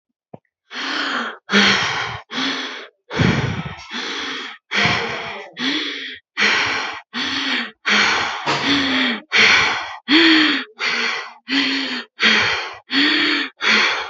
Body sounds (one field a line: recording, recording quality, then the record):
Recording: shallow breathing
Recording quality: excellent, no background noise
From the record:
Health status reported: healthy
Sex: female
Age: 27 years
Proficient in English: yes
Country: India